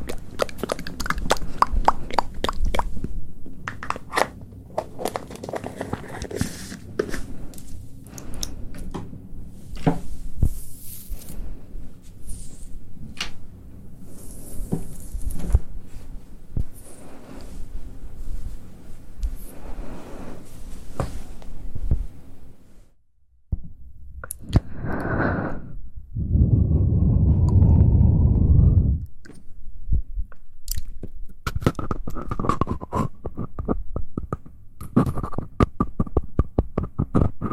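Soft mouth sounds: a dense run of small wet clicks and smacks over a low murmur, pausing briefly near 23 seconds. A longer, fuller hum-like sound swells from about 26 to 29 seconds, then quicker clicks with faint tonal sounds return.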